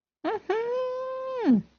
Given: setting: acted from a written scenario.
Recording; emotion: vocal sound without words; elation